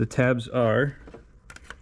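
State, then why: Seated. Someone talks while a plastic Diode Dynamics light pod bracket is pressed onto the lower grille of a 5th Gen Ram 1500 until its tabs grab. Sharp snaps are heard at 1.5 s and 1.7 s as the bracket tabs seat into the grille, and the tabs are confirmed as caught by the sound.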